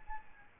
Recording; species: mosquito wingbeat signal from an infrared sensor; Aedes albopictus